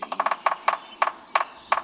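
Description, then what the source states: Sapsucker drumming in an uneven, syncopated rhythm: a quick run of several taps, then single knocks separated by longer pauses. Spring drumming; sapsuckers become noisier then, drumming like other woodpeckers but in syncopated rhythms.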